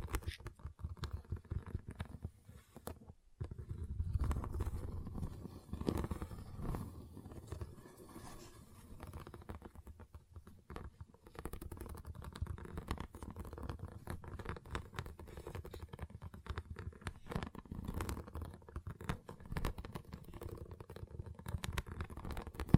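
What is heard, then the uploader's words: Small plastic pixel art beads rattle and tick against each other in a dense, continuous patter of tiny clicks. The sound stays mostly low and soft, with a brief pause near the three-second mark and a fuller, louder scraping rush just after. ASMR Relaxing Pixel Art Beads ( No Talking).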